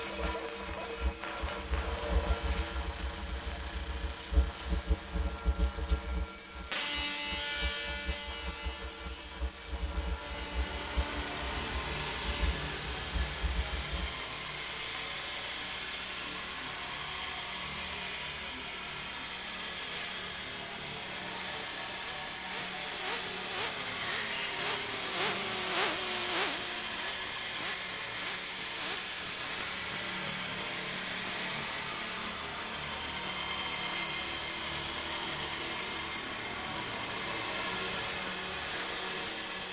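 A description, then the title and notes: Electromagnetic hum and whine from electrical devices, dense and buzzing throughout. For the first fourteen seconds a heavy low drone sits under steady tones, with a sweeping rise near seven seconds; afterward the sound thins to a brighter, fluttering hiss with sharp ticking pulses. Electromagnetic energy converted into audio energy. This piece incorporates electromagnetic sound recordings of electrical devices such as cell phones, tablets, keyboards, laptops, printers, hard drives, etc.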